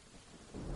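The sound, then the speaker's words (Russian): Steady rain hisses throughout while a low rumble of thunder swells up in the second half, growing louder toward the end of the short stretch. “Я глядела на его вдохновенное лицо, слушала голос, который мешался с шумом дождя, и, как очарованная, не могла шевельнуться.”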